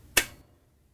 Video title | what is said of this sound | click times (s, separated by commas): How To: Whirlpool/KitchenAid/Maytag Door Switch Kit W10169313 | To install the new switch, position it in the opening in the front panel, then push firmly and it'll click into place. | 0.2 s